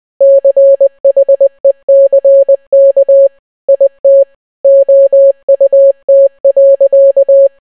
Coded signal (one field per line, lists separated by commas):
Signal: Morse code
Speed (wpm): 20 wpm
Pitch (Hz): 550 Hz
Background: none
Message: CHECK IT OUT.